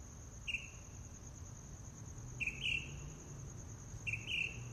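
Mockingbird song: three brief chirped phrases spaced a couple of seconds apart, with a constant high-pitched insect drone behind.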